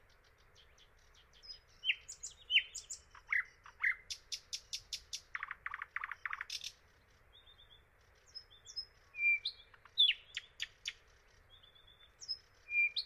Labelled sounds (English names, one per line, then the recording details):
Thrush Nightingale song
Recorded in the wild
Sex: male
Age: adult
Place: Dargun, Peenetal, Mecklenburg-Vorpommern, DE
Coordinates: 53.8764, 12.8739
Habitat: wetland
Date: 2010-06-09 22:21
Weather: 15°C, almost no wind
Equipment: Sound Devices 702, Sennheiser MKH 70, Rycote Windschutz
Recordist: Frommolt, Karl-Heinz